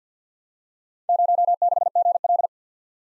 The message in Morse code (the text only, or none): 06GL